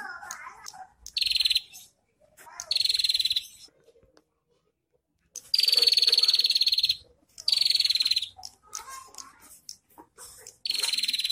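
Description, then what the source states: Prinia giving fast, harsh buzzing trills in five bursts, with a brief silent gap midway and faint twitters between calls. Local name prenjak kepala merah; recording intended for training songbirds (masteran).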